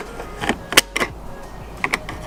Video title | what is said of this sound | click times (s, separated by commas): How to Remove and Install Door Panels on 05 - 09 Mustangs | Pretty sure you guys heard that snap. | 0.8 s